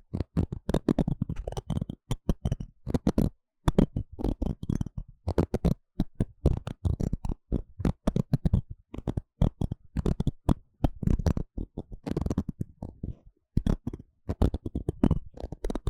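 Dry scratching and tapping on the ear comes in dense bursts of quick crackles and thuds, broken by brief silences.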